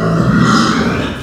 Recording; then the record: squeal of a Yucatan mini pig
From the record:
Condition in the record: after surgery on the right vocal fold (resection and tissue-engineered implant); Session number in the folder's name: 9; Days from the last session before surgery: 65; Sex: female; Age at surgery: 19 weeks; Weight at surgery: 25 kg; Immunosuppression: prednisolone